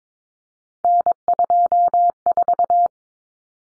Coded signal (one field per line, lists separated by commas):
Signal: Morse code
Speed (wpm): 22 wpm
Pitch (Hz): 700 Hz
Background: none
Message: N24